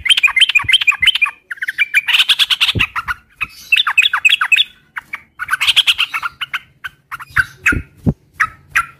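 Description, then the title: Oriental magpie-robin song: rapid whistled phrases alternating with harsh scratchy bursts, then isolated sharp notes, with occasional low thuds. Bird in full vigorous song (gacor); whistled song used as a lure to provoke other magpie-robins into answering. "Pancingan Suara Siulan Kacer Gacor Mantap Untuk Memancing Kacer Lain Agar Mau Nyaut Bunyi"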